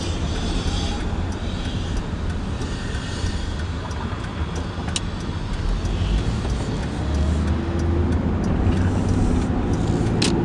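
A car drives along, its engine and tire rumble a dense, steady low roar through the whole stretch, swelling slightly louder after the midpoint. Brief clicks and sharp ticks pop up now and then, with a bright snap near five seconds and another at the end.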